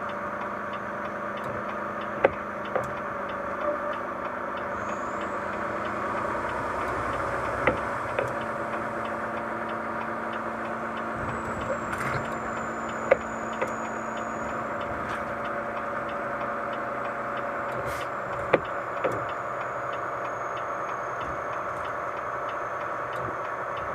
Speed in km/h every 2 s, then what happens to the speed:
38, 37, 37, 40, 43, 43, 43, 42, 43, 42, 42, 41.
4-8 speeds up to 43. 8-24 steady at about 42.